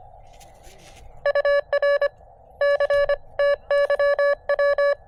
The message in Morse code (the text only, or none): UR C TYW